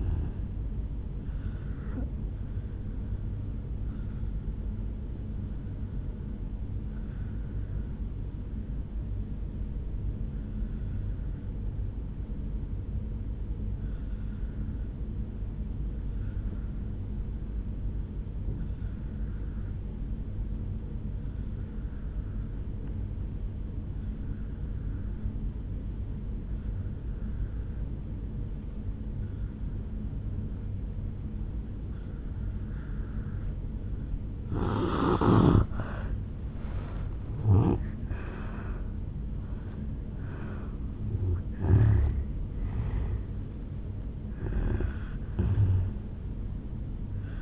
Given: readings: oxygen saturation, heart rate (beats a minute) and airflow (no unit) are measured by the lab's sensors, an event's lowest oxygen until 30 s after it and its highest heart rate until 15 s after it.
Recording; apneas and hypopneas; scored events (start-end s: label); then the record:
breathing in sleep by a smartphone at the bedside; 1
4.00-34.10 s: obstructive apnea (N2, oxygen 95% highest, then 83% lowest, heart rate 66 at the start, 76 highest)
8.00-38.00 s: new sleep stage, N3 (deep sleep)
38.00-47.42 s: new sleep stage, N1 (lightest sleep)
From the record:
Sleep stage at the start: N2 (light sleep); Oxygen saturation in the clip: 84 to 95%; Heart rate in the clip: 58 to 78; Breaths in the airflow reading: 6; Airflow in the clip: -13.3 to 8.0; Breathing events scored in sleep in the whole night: 449 in 7.0 hours asleep